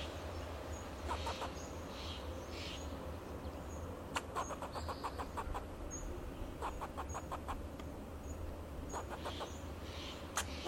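Fox squirrel calls as clusters of fast, dry chucks separated by short pauses, with high bird peeps and a constant low hum.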